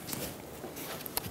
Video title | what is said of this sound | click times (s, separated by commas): How to Replace Spark Plugs 2000-2007 Ford Taurus 3.0L V6 | you're going to want to press in until you hear a click | 1.2 s